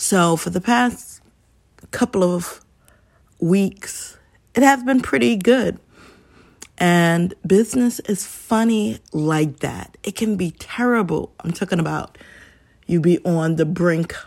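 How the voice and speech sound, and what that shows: Adult woman who stutters speaking with mid-phrase pauses and stretched sounds on "and" and "is": stuttering blocks and prolongations, stumbling on words.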